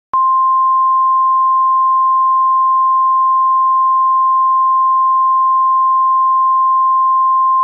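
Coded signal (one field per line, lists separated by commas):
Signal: Emergency Alert System (SAME) tones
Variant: 1050 Hz attention tone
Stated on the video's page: Fictional EAS scenario recreation.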